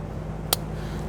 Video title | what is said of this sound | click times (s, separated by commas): How to Replace Fuel Transfer Unit 2011-2023 Dodge Charger 3.6L V6 | here. and feel it snap into place and then secure your cover. | 0.5 s